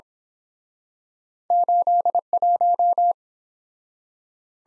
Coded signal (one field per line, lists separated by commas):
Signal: Morse code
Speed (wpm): 29 wpm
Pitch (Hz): 700 Hz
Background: none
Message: 81